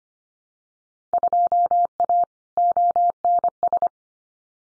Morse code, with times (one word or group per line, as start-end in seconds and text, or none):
1.1-2.2 2A
2.6-3.9 ONS